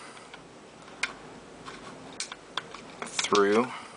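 A selector switch is handled at the enlarged hole in the left side of a GSG-5 ICS SEF rifle lower housing, ready to be inserted through until it clicks through. Light, sharp taps and ticks sound at scattered moments near 1.0, 2.2, 2.6 and 3.0 seconds, and someone talks at the end. Nothing has seated or clicked yet.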